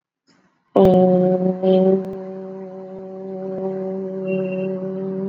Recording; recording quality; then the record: sustained vowel as in boot; excellent, no background noise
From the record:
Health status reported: exposed to COVID-19, no respiratory illness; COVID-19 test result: not tested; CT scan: not taken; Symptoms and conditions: none ticked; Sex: female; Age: 24 years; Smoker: yes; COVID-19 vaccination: both doses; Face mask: worn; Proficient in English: yes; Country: India